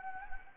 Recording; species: mosquito wingbeat signal from an infrared sensor; Anopheles gambiae